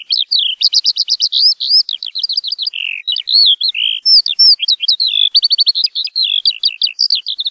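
Eurasian skylark giving a rapid, continuous stream of high chirps and short trills, varying in pitch, with quick repeated notes and brief buzzy slurs throughout.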